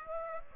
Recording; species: mosquito wingbeat signal from an infrared sensor; Aedes aegypti